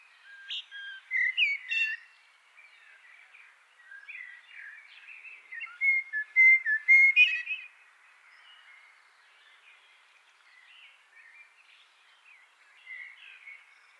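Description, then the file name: Common blackbird song: soft, rambling whistled and twittering notes, louder in the middle, quieter and scattered toward the end. "Turdus merula"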